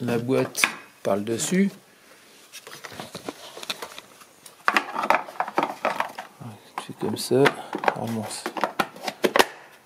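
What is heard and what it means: Someone talks while the plastic air filter box of a Toyota is lowered from above onto its base in the engine bay, with short plastic knocks and taps from handling around 4.7 to 6.0 seconds and again around 8.6 to 9.3 seconds. Nothing has seated or clicked yet.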